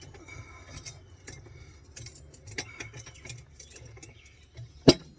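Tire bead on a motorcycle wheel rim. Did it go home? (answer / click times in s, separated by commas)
released / 4.9 s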